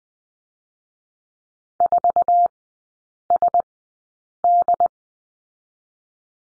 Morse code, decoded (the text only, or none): 4SD